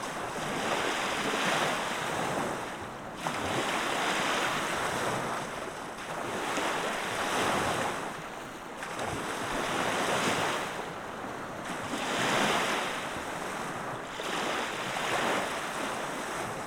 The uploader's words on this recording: Gentle Waves on the Beach at Sunset. The Peterson Road Beach at Sleeping Bear Dunes in one of my favorite beaches. I brought the Zoom F6 and the Audio Technica BP 4025 to record the waves as they rolled in to the shore. I also brought the Zoom F3 and the Lom Geofón microphone to experiment with recording the seismic activity of the wave motion.